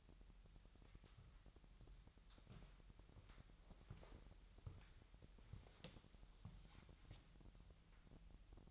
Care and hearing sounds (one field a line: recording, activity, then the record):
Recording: daily activity, microphone in the room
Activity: walk to room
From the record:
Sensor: 3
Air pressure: 1002.0 hPa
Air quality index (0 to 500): 249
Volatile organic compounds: 51 ppm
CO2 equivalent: 3303 ppm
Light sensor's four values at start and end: 7/17/7/7 and 3/6/3/3